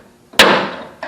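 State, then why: Released. A retaining clip for the aluminum trim strip on an F350 truck body is pried free, giving a sharp pop at 0.4 s that rings out and fades over the next half second. The clip pops off and is released, with only light prying needed since the aluminum strip can bend. A faint scrape leads in just before the pop, and a shorter, quieter knock follows at about 1.0 s.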